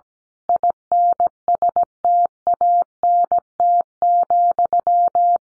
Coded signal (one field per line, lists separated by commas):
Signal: Morse code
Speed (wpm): 17 wpm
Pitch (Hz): 700 Hz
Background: none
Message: INSTANT,